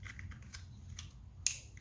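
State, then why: Seated. An electrical connector is pushed onto an ignition coil on a 2003–2008 Toyota Corolla, with a few faint fumbling clicks and rustles first. A sharp snap at 1.5 s marks the connector seating into place.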